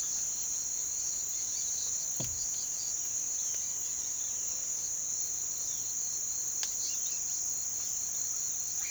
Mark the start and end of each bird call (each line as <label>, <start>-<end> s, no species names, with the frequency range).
bird call (1.6-5.4 kHz), 3.40-4.79 s
bird call (2.4-5.8 kHz), 5.61-5.91 s
bird call (1.8-6.3 kHz), 6.76-7.39 s